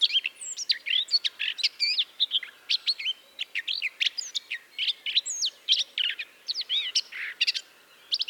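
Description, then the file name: Eurasian blackcap song, fast and varied, packed with sharp chirps and rising and falling whistled notes in a near-continuous run. "Sylvia atricapilla"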